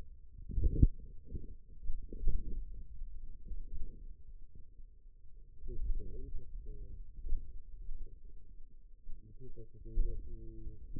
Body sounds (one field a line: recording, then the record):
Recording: forearm muscle sounds (acoustic myography)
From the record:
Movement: hand opening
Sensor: system 2, bracelet of six BSWA MPA416 microphones around the upper forearm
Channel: 3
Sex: male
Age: 22 years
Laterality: right